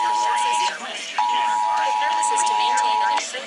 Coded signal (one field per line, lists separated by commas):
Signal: Emergency Alert System (SAME) tones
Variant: 853 and 960 Hz attention tone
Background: speech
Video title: 2023 National Test FM & WEA captures (EAS #1461 - 1474)